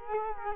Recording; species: mosquito wingbeat signal from an infrared sensor; Culex quinquefasciatus